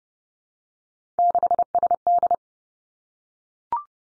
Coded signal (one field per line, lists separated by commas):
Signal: Morse code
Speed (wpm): 30 wpm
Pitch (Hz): 700 Hz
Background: none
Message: 6SD